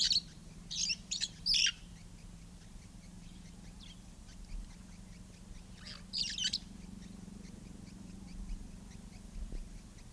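Red-fronted parrot giving short harsh screeches in two clusters, near the start and around six seconds, with a steady low hum underneath.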